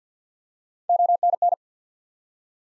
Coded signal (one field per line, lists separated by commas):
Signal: Morse code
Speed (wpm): 50 wpm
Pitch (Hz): 700 Hz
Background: none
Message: ONN